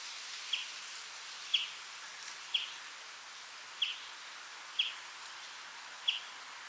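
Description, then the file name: European greenfinch uttering short, sharp chip notes roughly once a second, six in total, over a soft background hiss. "Chloris chloris"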